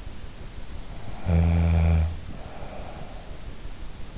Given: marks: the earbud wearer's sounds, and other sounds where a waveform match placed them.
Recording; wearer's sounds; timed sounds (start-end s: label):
sounds in sleep by an in-ear microphone; snoring breath
0.96-3.24 s: snoring breath